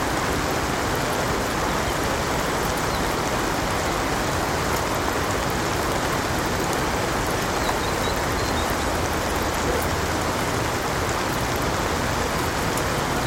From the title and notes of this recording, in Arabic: قارب بيتي هادئ ومريح مرسى في قنوات أوترخت الساحرة، حيث يخلق خرير المطر الصيفي الناعم جوًا من الأصوات المريحة بتقنية ASMR. تناغم خفيف المطر مع سطح الماء يتمازج مع الحياة الهادئة للمدينة ليشكل لحنًا من الهدوء. يندمج رقص المطر الناعم على القارب البيتي والممر المائي القريب مع دقات المدينة البعيدة.